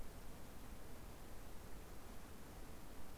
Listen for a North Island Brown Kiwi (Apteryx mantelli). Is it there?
no